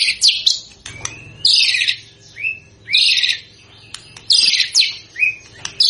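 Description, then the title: White-rumped shama song, bursts of harsh high scratchy notes alternating with short clear whistles, repeated every second and a half or so over a low hum. Lure played to make the bird respond; singing energetically (gacor). "PANCINGAN MURAI BATU GACOR"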